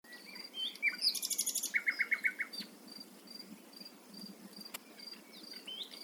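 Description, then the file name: Common nightingale song: a fast buzzy trill followed by a row of sharp repeated notes, then quieter fragments over a steady high insect-like tone. "Luscinia megarhynchos"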